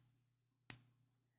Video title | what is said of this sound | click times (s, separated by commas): Alice in Gemland - LIVE Jewelry Show 5 - October 16, 2024 | nice solid click now occasionally the posts move a little bit if if you take them on and off a lot | 0.7 s